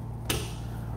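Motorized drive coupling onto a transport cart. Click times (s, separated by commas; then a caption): 0.3 s. A motorized drive unit's coupling is brought together with a customer transport cart, and one sharp click is heard at 0.3 s over a steady low hum. The coupling latches and is seated, with two separate clicks marking proper engagement.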